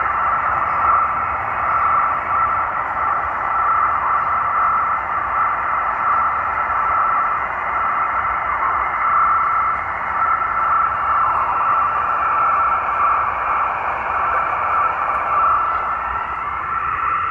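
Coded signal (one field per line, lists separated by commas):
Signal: NAVTEX (SITOR-B)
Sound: steady rapid two-tone warbling chatter around mid pitch, continuous over hissy background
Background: radio static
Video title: VFF Iqaluit Canadian Coast Guard Navtex decode using XHDATA D808 receiver and DroidNavtext app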